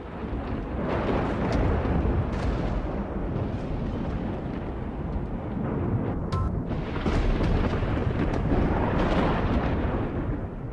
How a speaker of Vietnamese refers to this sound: Lập tức một tiếng sấm đinh tai nhức óc từ trên tầng không đùng đùng nổ vang.